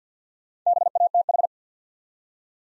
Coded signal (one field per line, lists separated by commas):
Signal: Morse code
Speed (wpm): 48 wpm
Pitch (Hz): 700 Hz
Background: none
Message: BATH